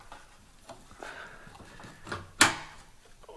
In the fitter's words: Locks into place,